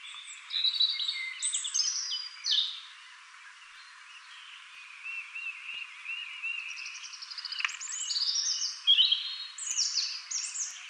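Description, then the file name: European robin song, sparkling high phrases mixing sweet whistles and rapid trills, a quieter thin stretch in the middle, then a bright closing burst, light hiss behind. "Erithacus rubecula"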